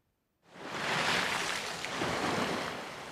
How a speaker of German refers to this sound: So schäumte das Meer.